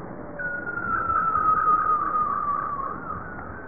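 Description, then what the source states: Bowhead whale call: one long, wavering tonal moan that slowly falls in pitch, over background underwater noise. Recorded 25 April 1988.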